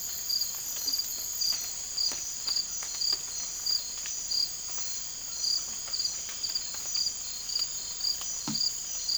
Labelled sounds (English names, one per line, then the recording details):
none
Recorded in dense forest near Puerto Asís, Putumayo, Colombia, on 20 December 2024 at 01:00
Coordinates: 0.481, -76.323
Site G100